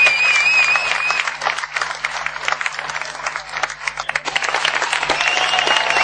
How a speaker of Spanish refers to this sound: También me gustaría un aplauso muy grande para toda la gente del staff de la ESL, que han venido este año por primera vez, se han portado maravillosamente con nosotros, nos han dado un nivel de competición tremendo.